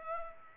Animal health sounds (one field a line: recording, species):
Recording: mosquito wingbeat signal from an infrared sensor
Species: Culex pipiens